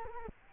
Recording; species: mosquito wingbeat signal from an infrared sensor; Culex quinquefasciatus